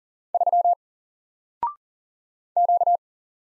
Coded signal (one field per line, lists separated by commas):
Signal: Morse code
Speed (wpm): 40 wpm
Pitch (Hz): 700 Hz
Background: none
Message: 3 Q